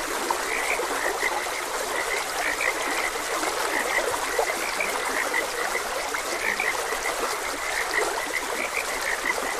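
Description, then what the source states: Frog chorus of quick croaks overlapping continuously, set against an even hiss of running stream water. Frogs croaking beside a gentle stream.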